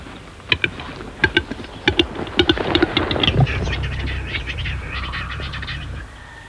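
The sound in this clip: Western capercaillie song: clicks speed up into a pop, followed by a drawn-out wheezing, scraping phrase.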